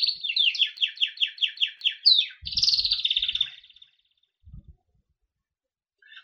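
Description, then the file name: Berner canary singing a steady series of repeated chirped notes, then a rolling buzzy trill that fades, with a few faint thumps after. "kenari berner omkicau"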